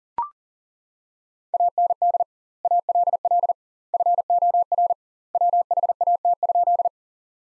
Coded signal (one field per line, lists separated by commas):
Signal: Morse code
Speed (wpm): 37 wpm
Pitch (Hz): 700 Hz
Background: none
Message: AND ALL FOR WHAT?